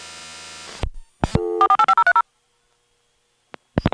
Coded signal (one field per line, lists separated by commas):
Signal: DTMF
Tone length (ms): 80 ms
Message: 485030